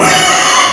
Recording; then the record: squeal of a Yucatan mini pig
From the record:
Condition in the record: before surgery on the right vocal fold (resection and tissue-engineered implant); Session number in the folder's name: 2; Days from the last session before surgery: 0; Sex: male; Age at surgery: 12 weeks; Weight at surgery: 13 kg